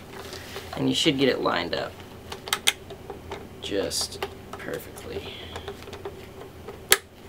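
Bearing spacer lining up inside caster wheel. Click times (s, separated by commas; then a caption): 6.9 s. A casterboard wheel (FlowCorp) with its bearings and spacer is wiggled inside the caster fork while someone talks, with faint rattles and a few sharp taps around 2.5–2.7 s. At 6.9 s a loud, short click is heard as the bearing spacer lines up with the axle path, and the spacer is seated in alignment.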